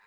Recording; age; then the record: pig call; piglet (1 to 25 days)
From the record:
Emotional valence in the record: positive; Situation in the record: short reunion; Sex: male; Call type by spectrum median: low-frequency call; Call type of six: low-frequency tonal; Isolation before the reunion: 3 minutes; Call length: 0.07 s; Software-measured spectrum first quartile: 1213 Hz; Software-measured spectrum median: 1689 Hz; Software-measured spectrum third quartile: 2268 Hz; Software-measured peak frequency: 1673 Hz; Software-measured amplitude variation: 18 dB a second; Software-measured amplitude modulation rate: 6.9 a second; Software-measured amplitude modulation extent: 2.6 dB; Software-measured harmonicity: 1.9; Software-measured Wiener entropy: -0.95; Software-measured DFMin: 612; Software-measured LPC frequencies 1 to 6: 971, 1695, 2403, 3893, 4975, 5938 Hz